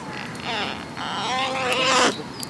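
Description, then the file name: Carrion crow calls: hoarse, drawn-out notes that slide downward, then a harsher, louder rasping caw near the end. "Corvus corone"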